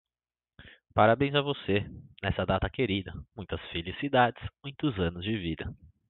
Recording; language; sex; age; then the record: short text; Brazilian Portuguese; male; 20 to 29 years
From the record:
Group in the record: control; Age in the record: 26 years